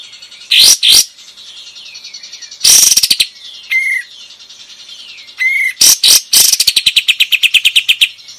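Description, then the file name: Bulbul delivering harsh loud notes, two clear falling whistles and a closing fast rattle of repeated pulses, over a constant bed of faint chirping. Bulbul singing vigorously (gacor). "suara kapas tembak gacor"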